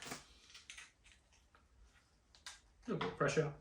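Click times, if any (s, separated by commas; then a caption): none. A small plastic cable clip is lined up on top of a cable holder on a batten before pressure is applied. Only quiet handling noises are heard while someone talks. The clip has not been pushed home and nothing has clicked yet.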